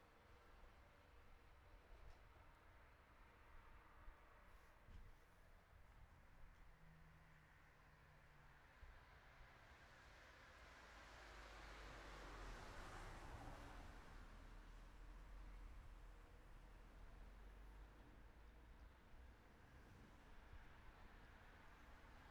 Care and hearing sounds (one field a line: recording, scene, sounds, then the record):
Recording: everyday scene through a hearing-aid microphone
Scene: in traffic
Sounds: traffic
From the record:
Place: city secondary road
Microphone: behind the ear, right, front